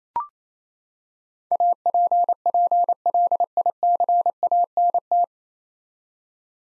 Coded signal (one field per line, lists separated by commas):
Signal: Morse code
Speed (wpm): 27 wpm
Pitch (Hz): 700 Hz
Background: none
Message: APPLICANT